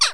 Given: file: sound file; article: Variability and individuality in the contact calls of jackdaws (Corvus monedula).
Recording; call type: jackdaw call; harmonic